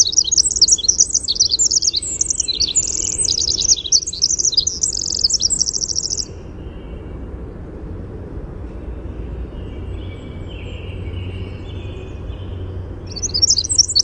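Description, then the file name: Winter wren song: a long, rapid, tumbling stream of high trills and bubbly notes for about six seconds, then a pause before the song starts again near the end. "WIWR song"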